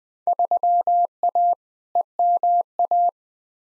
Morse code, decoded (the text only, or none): 3A EMA